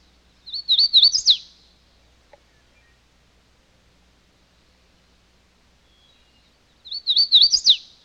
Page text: Hooded Warbler Call. Quick Sounds